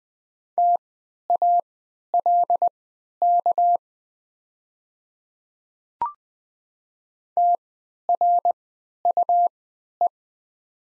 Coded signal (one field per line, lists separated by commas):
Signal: Morse code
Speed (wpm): 20 wpm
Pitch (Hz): 700 Hz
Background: none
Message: TALK TRUE